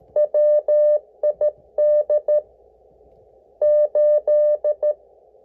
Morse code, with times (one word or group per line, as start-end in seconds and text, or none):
0.2-2.4 WID
3.6-4.9 8